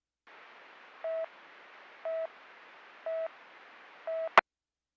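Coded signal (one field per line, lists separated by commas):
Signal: none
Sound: radio channel beeps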